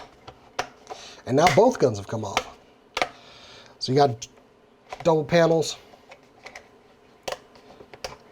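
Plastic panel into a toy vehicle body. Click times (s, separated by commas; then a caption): 7.3 s, 8.0 s. Someone talks while handling a Star Wars The Black Series Snowspeeder toy vehicle, with both guns removed, amid scattered light plastic taps. Its double plastic panels are fitted into the vehicle body, giving sharp snap clicks at 7.3 s and 8.0 s as the panels seat firmly.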